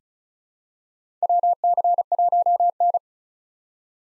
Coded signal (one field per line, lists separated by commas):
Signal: Morse code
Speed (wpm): 34 wpm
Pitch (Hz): 700 Hz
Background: none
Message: WC1N